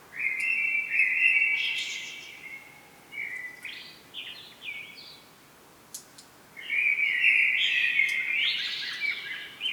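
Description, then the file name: Common blackbird singing mellow fluty warbled phrases, each ending in higher squeaky twitters, with short pauses between phrases and a few faint clicks. "Turdus merula"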